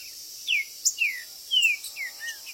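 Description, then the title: Green-winged saltator giving a brief run of slurred whistles, each dropping in pitch, with a continuous high hum behind. Birds chirping, singing and calling territorially ('macheando') in a contest ('disputa'); meant to rouse a kept saltator into singing. "Seu TRINCA Piando, Cantando E Macheando Na DISPUTA. TRINCA FERRO Cantando e MACHEANDO!!"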